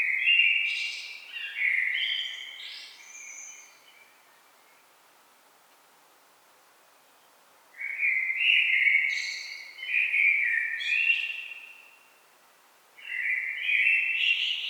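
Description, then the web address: Common blackbird song: fluty warbling phrases with high scratchy flourishes, a long quiet gap, then more phrases after it. "SETE data Turdus merula"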